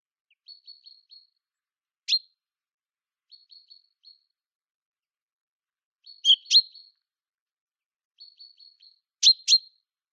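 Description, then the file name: Common chaffinch calling: brief runs of soft, thin, high notes alternate with loud, sharp, high notes, single or doubled, in a quiet setting. "Fringilla coelebs"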